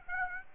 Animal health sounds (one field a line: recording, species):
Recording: mosquito wingbeat signal from an infrared sensor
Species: Aedes aegypti